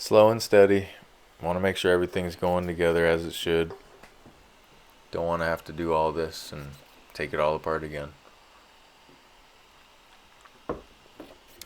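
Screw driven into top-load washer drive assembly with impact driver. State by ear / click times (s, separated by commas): torque reached / 10.7 s, 11.6 s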